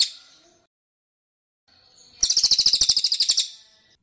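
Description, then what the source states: Bird chirping: a faint note at the start, silence, then a short, fast burst of bright, very high chirps lasting about a second. Masteran recording, played to train songbirds.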